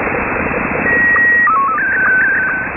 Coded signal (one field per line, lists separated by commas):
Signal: SSTV (slow-scan television)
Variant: Scottie 1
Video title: Wolverine Radio pirate halloween SSTV Pictures sent 6935 Khz USB Shortwave